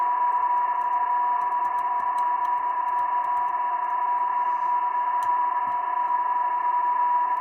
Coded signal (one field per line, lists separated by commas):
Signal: PSK31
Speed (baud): 31.25 baud